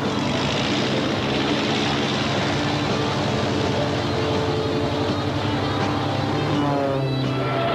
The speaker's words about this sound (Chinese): 蓝领袖一号，你听到吗？我系宽表面一号啊，我准备起飞啦 ，over。一切正常啊。揸飞机真系好得。